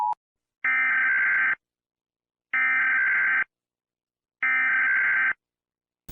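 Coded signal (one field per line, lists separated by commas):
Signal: Emergency Alert System (SAME) tones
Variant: header bursts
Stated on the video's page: Fictional EAS scenario based on The Purge, not a real alert.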